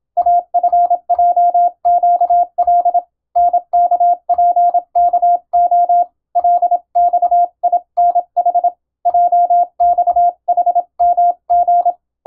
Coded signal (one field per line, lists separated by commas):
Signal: Morse code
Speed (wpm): 26 wpm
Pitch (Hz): 700 Hz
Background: none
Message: AFJQL NKPKO LXINH JXHMG